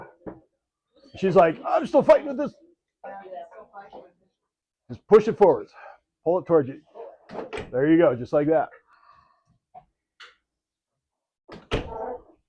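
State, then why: Seated. A removable part of a potter's wheel is pushed forward and pulled back toward the person until it seats, while someone talks over the fitting. A short sharp click at 11.5 s marks the part popping into place, and it is seated.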